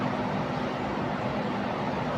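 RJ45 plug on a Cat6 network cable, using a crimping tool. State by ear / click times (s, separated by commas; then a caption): not seated / none. An RJ45 plug is handled on a Cat6 network cable, with its eight wires arranged in color order, before being crimped with a crimping tool. Only a steady, broadband, rushing noise is heard, with no distinct hits or clicks. Nothing has seated or clicked yet.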